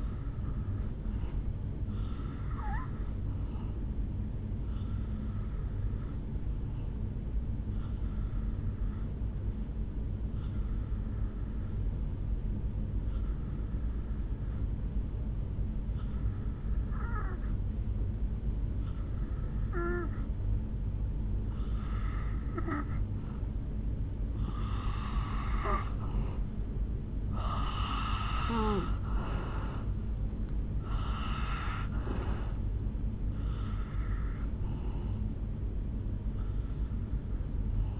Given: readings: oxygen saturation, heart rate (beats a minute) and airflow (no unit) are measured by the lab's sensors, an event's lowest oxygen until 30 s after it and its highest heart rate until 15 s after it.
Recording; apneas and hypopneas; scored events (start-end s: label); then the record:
breathing in sleep by a smartphone at the bedside; 1
5.00-23.20 s: hypopnea (N2, oxygen 90% highest, then 82% lowest, heart rate 67 at the start, 72 highest)
From the record:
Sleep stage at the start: N2 (light sleep); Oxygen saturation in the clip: 82 to 90%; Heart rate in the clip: 60 to 72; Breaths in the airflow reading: 13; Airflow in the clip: -6.7 to 3.1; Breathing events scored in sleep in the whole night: 449 in 7.0 hours asleep